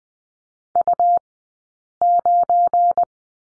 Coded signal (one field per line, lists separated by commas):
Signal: Morse code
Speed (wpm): 20 wpm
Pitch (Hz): 700 Hz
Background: none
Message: U9